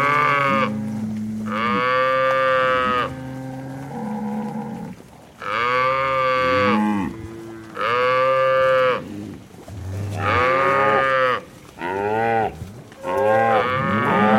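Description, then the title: Cow mooing loudly, a run of long, rich moos, some rising and falling in pitch. "Eco-Moo-tion: The Ecological Soundscape of Cow Conversations"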